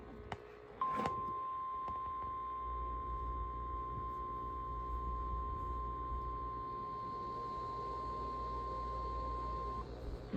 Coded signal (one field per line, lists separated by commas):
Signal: Emergency Alert System (SAME) tones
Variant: 1050 Hz attention tone